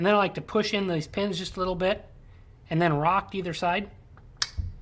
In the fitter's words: a nice satisfying snap